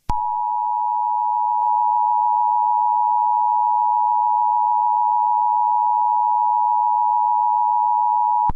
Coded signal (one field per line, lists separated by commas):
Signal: Emergency Alert System (SAME) tones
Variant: 853 and 960 Hz attention tone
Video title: EAS Scenario #3: Canada’s Betrayal